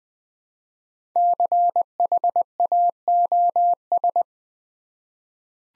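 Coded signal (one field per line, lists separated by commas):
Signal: Morse code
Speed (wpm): 21 wpm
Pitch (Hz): 700 Hz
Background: none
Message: CHAOS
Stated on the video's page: 20 wpm Morse practice sending five-letter words, each sent twice, for head-copy training toward word recognition.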